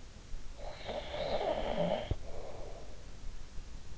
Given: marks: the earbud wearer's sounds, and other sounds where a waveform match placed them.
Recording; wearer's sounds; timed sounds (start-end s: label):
sounds in sleep by an in-ear microphone; snoring breath
0.27-3.23 s: snoring breath